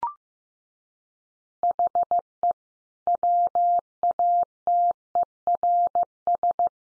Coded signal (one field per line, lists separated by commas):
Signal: Morse code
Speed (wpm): 15 wpm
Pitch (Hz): 700 Hz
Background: none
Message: HE WATERS